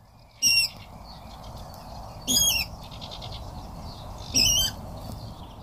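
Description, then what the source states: Water Rail giving three brief, shrill squealing calls about two seconds apart, each a strained harmonic burst, against a constant noisy hiss. Heard calling inside reeds in a nature reserve at Nyköping; a shy bird that keeps hidden in the reeds and is usually only glimpsed.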